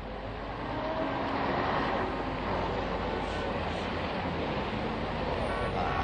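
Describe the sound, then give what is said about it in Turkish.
A bus approaching: a steady, loud low rumble of engine and road noise with a broad hiss over it, holding nearly constant for the whole stretch without a clear peak. “Zihni Bey dikkat, otobüs geliyor.”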